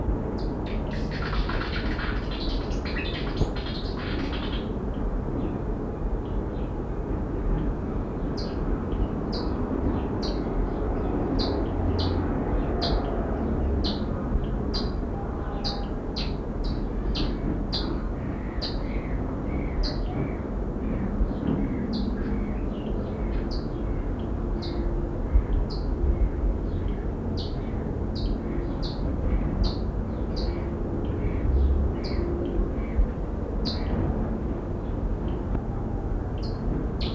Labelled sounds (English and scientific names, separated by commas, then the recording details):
Sparkling Violetear (Colibri coruscans) call
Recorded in captivity
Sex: male
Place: Heidelberg, Baden-Württemberg, DE
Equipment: Halbspur, 9,5 cm/s
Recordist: Lütgens, Hans